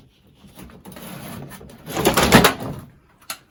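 The front trim panel on a VW T4 Transporter van is worked free from the retainers that slide and lock it into place, with rustling, scraping and a burst of loud rattling around 2.0 to 2.5 seconds. A sharp click at 3.3 seconds marks the panel unclipping and coming off.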